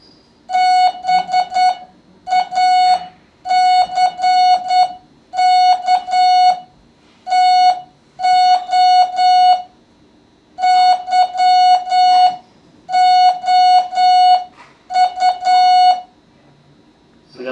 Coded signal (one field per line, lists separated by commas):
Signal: Morse code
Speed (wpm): 9 wpm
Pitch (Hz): 730 Hz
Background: speech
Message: BACK TO YOU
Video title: Morse Code Intermediate Class 2